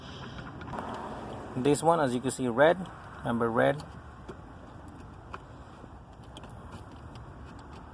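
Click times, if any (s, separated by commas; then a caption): none. During a battery replacement on a BMW E90 (335i, M3, E92, E93), a red-to-red color-matched plastic electrical connector is handled near the battery, ready to push into its mating plug. Someone talks over a low background hum, followed by a few faint handling ticks around 5.3 and 6.4 seconds. Nothing has seated or clicked yet.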